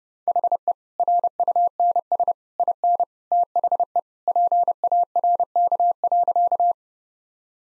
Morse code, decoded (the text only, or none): HE RUNS IN THE PARK.